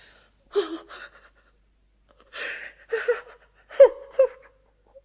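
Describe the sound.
Quiet crying with soft whimpers: several short, breathy sobbing bursts separated by pauses, ending in two brief, higher-pitched whimpering cries. No talking.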